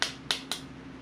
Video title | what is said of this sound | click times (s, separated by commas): EP:5 EVERYTHING PLY SOCKS, HOW TO'S, HANDS ON TUTORIALS, AND MOIFICATIONS TO RELIEVE PAIN | that's three clicks four clicks five clicks six seven | 0.0 s, 0.3 s, 0.5 s